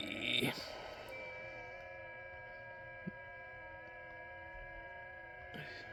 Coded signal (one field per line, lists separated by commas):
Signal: FT8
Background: speech